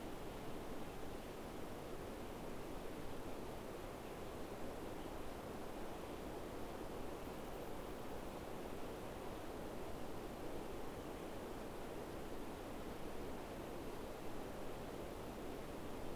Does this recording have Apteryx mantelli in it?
no